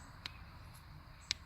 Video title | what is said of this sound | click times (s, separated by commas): Auxito H7 LED headlight bulb install 2007 Mercury Milan (HOW TO) | can hear the click until you can get it you know straight up and down here | 0.3 s, 1.3 s